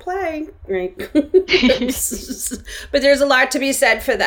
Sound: laughs